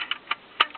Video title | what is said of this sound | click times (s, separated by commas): Ford Ka stereo | until you hear a click. | 0.6 s